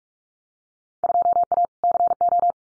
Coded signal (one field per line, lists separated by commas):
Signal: Morse code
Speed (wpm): 46 wpm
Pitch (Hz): 700 Hz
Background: none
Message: 2A CO